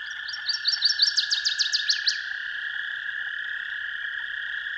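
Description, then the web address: Northern waterthrush sings one ringing, accelerating phrase ending in snappy falling notes, after which a steady background hum continues alone. "Dan Gibson's Solitudes Songbirds Northern Waterthrush"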